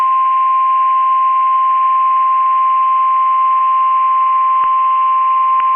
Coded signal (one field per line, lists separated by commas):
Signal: Emergency Alert System (SAME) tones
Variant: 1050 Hz attention tone